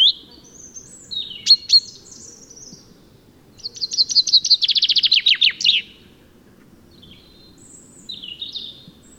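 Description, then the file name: Common chaffinch singing: a few high chirps, then a fast, descending run of repeated notes, followed by faint high calls. "Fringilla coelebs"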